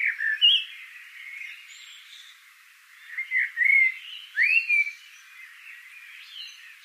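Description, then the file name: Eurasian blackbird: loud arched and rising notes in three groups, over continuous softer twittering. "Turdus merula"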